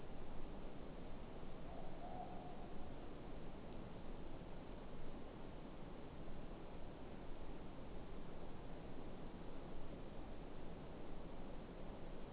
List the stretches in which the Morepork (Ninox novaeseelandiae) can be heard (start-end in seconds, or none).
1.64-2.87